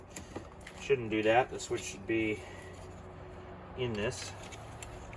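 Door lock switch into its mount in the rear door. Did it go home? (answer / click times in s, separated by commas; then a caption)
no / none. A door lock switch that had worked loose is handled at the rear door of a Ford Excursion, about to be pressed back into its plastic mount. Someone talks over faint background hum, with a few small sharp ticks near 0.2, 0.7, 4.8 and 5.1 seconds. The switch has not yet snapped home; nothing has seated by the end of the clip.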